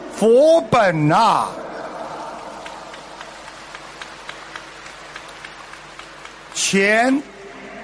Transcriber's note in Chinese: 掌声